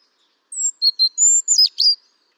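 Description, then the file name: European robin singing a short phrase of very high, thin whistled notes, some sliding down, ending in quick sweeping twitters; no other sounds. "Erithacus rubecula"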